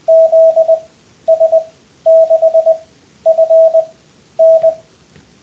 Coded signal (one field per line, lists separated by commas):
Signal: Morse code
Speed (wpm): 20 wpm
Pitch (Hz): 660 Hz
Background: radio noise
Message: ZS6FN